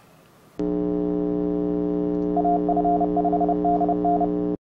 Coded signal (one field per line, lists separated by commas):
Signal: Morse code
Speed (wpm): 31 wpm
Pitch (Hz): 700 Hz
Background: none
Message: AF5DN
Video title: broadband-hamnet First Setup and Firt Moble Test - AF5DN